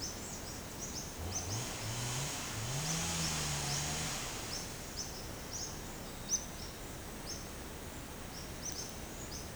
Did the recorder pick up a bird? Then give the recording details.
no. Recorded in secondary vegetation near Puerto Asís, Putumayo, Colombia, on 18 December 2024 at 11:00. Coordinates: 0.489, -76.322. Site G059